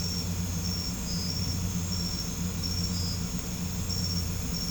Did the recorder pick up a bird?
no